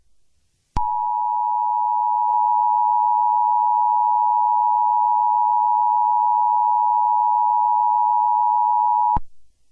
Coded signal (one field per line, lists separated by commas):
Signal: Emergency Alert System (SAME) tones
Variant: 853 and 960 Hz attention tone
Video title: eas scenario #1 Steve.exe